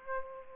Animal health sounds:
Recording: mosquito wingbeat signal from an infrared sensor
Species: Aedes aegypti

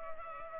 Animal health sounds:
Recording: mosquito wingbeat signal from an infrared sensor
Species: Culex pipiens

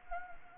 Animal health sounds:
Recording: mosquito wingbeat signal from an infrared sensor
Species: Anopheles arabiensis

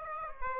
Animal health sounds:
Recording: mosquito wingbeat signal from an infrared sensor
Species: Aedes aegypti

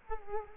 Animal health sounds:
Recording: mosquito wingbeat signal from an infrared sensor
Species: Culex quinquefasciatus

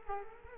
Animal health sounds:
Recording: mosquito wingbeat signal from an infrared sensor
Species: Culex quinquefasciatus

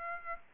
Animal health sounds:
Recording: mosquito wingbeat signal from an infrared sensor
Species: Aedes aegypti

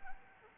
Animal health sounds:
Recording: mosquito wingbeat signal from an infrared sensor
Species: Anopheles arabiensis

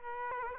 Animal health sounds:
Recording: mosquito wingbeat signal from an infrared sensor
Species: Aedes aegypti

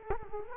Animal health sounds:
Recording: mosquito wingbeat signal from an infrared sensor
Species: Culex quinquefasciatus

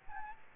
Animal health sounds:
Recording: mosquito wingbeat signal from an infrared sensor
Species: Aedes aegypti

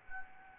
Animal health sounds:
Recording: mosquito wingbeat signal from an infrared sensor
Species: Anopheles gambiae

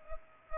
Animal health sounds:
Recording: mosquito wingbeat signal from an infrared sensor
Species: Culex pipiens

